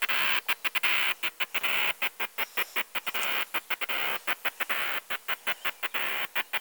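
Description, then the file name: Cicada song made of short, loud, buzzy pulses repeated in uneven bursts, some clustered in quick pairs and runs, with brief gaps between them. "Tibialis"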